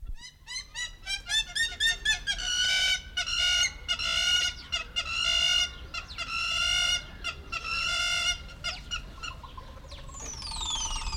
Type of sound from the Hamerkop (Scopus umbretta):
call